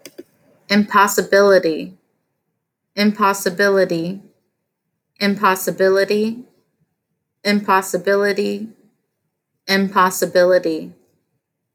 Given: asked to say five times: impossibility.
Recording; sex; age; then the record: repeated word; female; 30 to 39 years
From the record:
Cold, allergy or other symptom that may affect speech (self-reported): no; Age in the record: 31 years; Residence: Louisiana, United States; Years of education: 18